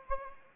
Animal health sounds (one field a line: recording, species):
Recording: mosquito wingbeat signal from an infrared sensor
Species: Anopheles arabiensis